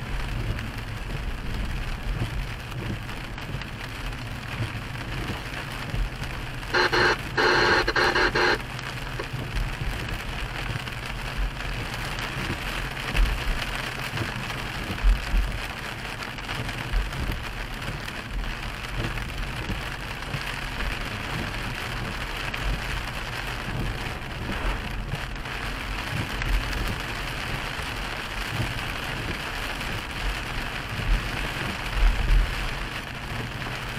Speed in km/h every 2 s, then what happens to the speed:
44, 44, 45, 47, 47, 47, 47, 45, 45, 44, 45, 45, 42, 47, 47, 47, 47.
0-34 steady at about 45.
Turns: none.